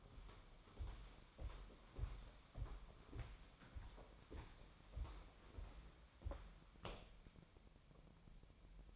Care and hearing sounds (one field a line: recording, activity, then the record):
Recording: daily activity, microphone in the room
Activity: walk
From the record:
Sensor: 1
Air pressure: 1015.4 hPa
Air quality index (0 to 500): 127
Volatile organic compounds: 5 ppm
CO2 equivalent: 1743 ppm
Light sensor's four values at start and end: 13/30/12/14 and 13/32/13/15